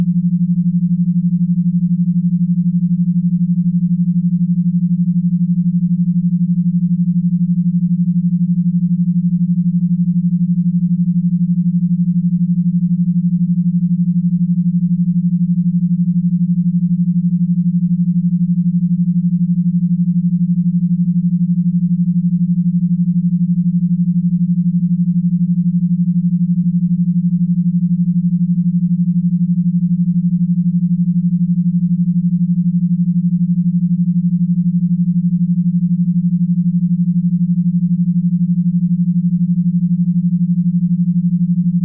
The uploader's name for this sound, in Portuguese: Frequência Delta 165Hz